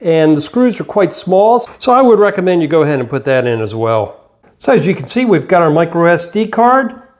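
Someone talks while holding a 64 GB micro SD card ready to push into the card slot of an Aoocci C6 Pro motorcycle display/dashcam unit, with a short pause in the speech around 4.2 to 4.6 seconds. The card has not clicked or seated in the slot yet.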